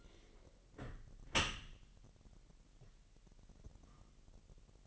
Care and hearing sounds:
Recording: daily activity, microphone in the room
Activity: close dishwasher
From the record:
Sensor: 4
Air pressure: 1001.5 hPa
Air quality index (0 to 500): 248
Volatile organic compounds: 42 ppm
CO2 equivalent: 3178 ppm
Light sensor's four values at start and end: 8/18/7/6 and 8/17/7/6

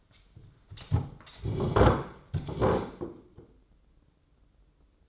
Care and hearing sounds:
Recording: daily activity, microphone in the room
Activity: sit down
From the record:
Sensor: 3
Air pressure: 995.9 hPa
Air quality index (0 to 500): 246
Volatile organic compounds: 1000 ppm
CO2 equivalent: 6283 ppm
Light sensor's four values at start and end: 37/88/39/42 and 39/95/41/45

